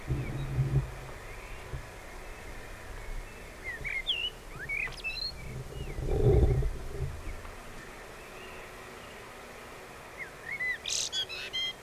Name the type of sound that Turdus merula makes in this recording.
song